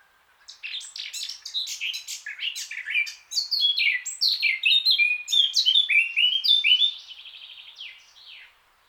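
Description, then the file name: Eurasian blackcap song: one long, rapid, rambling warble of varied chirps and trills lasting about eight seconds, softening at the end. "Sylvia atricapilla"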